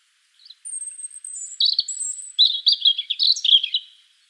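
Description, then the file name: European robin song opening with thin high drawn-out whistles, then dropping into fast liquid warbles and trills. "Erithacus rubecula"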